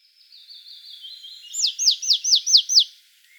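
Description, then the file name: Marsh tit calls: a faint thin run of notes, then six loud clear downslurred notes in quick succession. "Poecile palustris"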